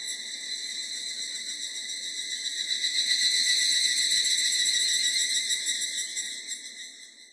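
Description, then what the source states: Evening cicada song, a bright ringing trill that builds in loudness, holds for several seconds, then fades away at the close. Recorded on 24 July 1999.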